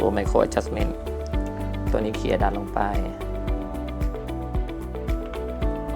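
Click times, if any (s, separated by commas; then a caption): none. Someone talks over background music while handling the micro-adjustment on the stainless steel bracelet clasp of a Pagani Design PD-1777 watch, sliding it and pushing the lever back down. Nothing has locked into the clasp yet.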